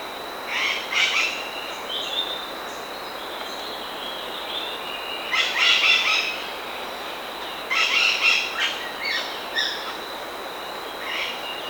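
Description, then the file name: Bird calls, several scratchy, chattering bursts at uneven intervals, some broken into rapid notes, above a continuous high whine. "SABIOD 50 bird 2015"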